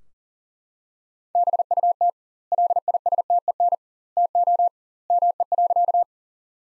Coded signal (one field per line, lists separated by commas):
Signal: Morse code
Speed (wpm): 37 wpm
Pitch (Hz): 700 Hz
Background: none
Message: BUT LISTEN TO ME.